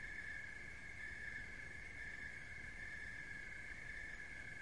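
Crickets sing a constant shrill trill that pulses gently and regularly, low rumbling noise beneath.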